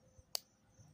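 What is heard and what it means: A slip-joint folding knife blade, on a Case Tiny Trapper with brass liners, snaps shut into its handle against the backspring. One loud, crisp, broadband snap is heard at 0.4 s, over quiet low-level background with faint low thumps around 0.2 s and 0.8 s. The blade seats with a strong snap.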